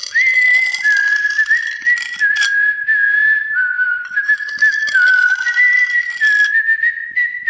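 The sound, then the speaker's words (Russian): A young man whistles an eerie melody that drifts slowly through small, wavering pitch steps, held almost continuously and loud, while a sickle dragged along a brick wall, throwing sparks, adds a harsh hissing, scraping noise throughout. “А парень со светящимися глазами достал серп, приложил его к кирпичной стене и, пуская искры, медленно пошел на блондина, насвистывая жуткую мелодию.”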